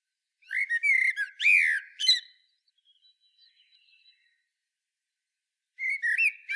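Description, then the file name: Common blackbird: a rich whistled phrase with squeaky high ends, a long pause, then the next phrase beginning. "Turdus merula"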